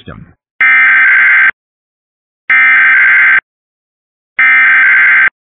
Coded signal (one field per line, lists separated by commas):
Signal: Emergency Alert System (SAME) tones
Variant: header bursts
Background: speech